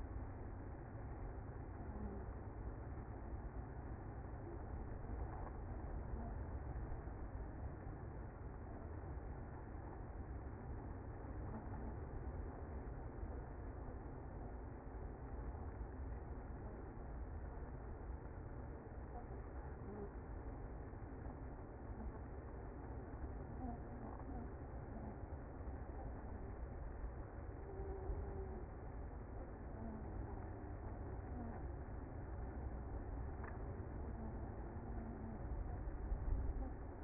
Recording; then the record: honeybee colony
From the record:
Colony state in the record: active